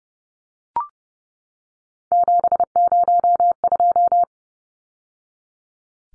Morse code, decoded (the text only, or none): 702